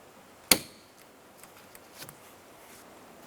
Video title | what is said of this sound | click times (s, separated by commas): How to Replace Window Regulator 2000-2006 Toyota Tundra | Reinstall the connector. Push until you hear a click. | 0.5 s